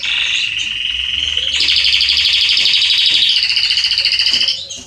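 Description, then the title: Canary song, a long fast rolling trill held steadily. Male Belgian canary singing a lot, used to warm up and train young canaries. "Canary Training Esquente Seu Filhote E Canario Belga Macho Cantando Muito CANTO DO CANRIO"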